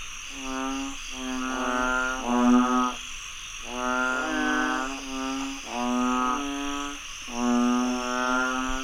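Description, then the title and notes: Frogs croaking in dense overlapping bursts, harmonic nasal calls running into one another, with a steady insect hum throughout. Frogs croaking after heavy rainfall in Chiang Mai, Thailand. "Frogs croaking after heavy rainfall in Chiang Mai, Thailand. Alex Boyesen"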